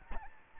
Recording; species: mosquito wingbeat signal from an infrared sensor; Aedes albopictus